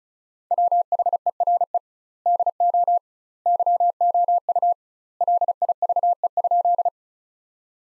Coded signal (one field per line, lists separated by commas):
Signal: Morse code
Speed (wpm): 36 wpm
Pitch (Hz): 700 Hz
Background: none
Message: WHERE DO YOU LIVE?